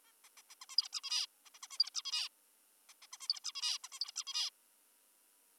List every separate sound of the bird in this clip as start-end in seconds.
0.05-0.12, 0.24-0.29, 0.37-0.42, 0.50-0.55, 0.62-0.66, 0.70-0.77, 0.78-0.88, 0.93-1.01, 1.04-1.26, 1.46-1.50, 1.54-1.59, 1.63-1.68, 1.71-1.78, 1.79-1.90, 1.95-2.02, 2.05-2.28, 2.89-2.94, 3.02-3.07, 3.13-3.18, 3.21-3.28, 3.29-3.40, 3.44-3.52, 3.55-3.78, 3.84-3.89, 3.92-4.00, 4.01-4.12, 4.16-4.24, 4.27-4.50